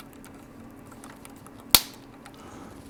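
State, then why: Seated. A small plastic part of a Porsche 917 KH scale model car kit is pressed into its mounting on the model. A few faint ticks come before a single loud, sharp snap at 1.8 s. The part clicks into place and is seated.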